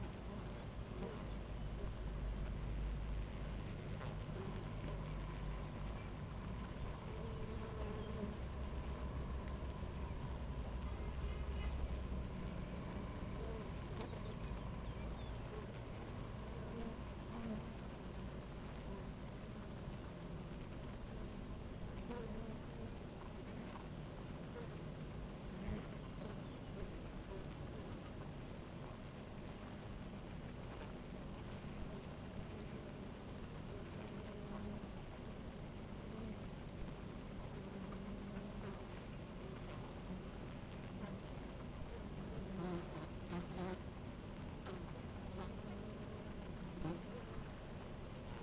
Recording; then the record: honeybee colony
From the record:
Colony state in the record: active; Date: 28 July 2017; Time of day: 11:51